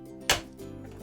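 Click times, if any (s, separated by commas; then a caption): 0.3 s. A fold-out side platform on a Sizzix Big Shot Foldaway die cutting machine is pushed into its open position. It latches into the machine body with a sharp click at 0.3 s over a low steady hum, and the platform is seated in place.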